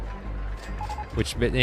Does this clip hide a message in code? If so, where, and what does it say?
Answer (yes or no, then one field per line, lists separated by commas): no